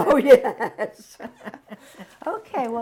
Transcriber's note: laughs